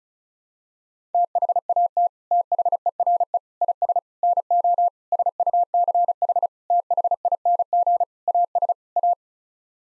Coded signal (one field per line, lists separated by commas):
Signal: Morse code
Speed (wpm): 34 wpm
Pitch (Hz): 700 Hz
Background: none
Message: THAT THERE IS NO SUCH THING AS A